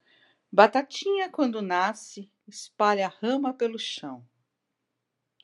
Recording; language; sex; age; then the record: short text; Brazilian Portuguese; female; 60 to 69 years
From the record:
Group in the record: control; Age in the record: 67 years